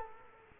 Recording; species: mosquito wingbeat signal from an infrared sensor; Culex quinquefasciatus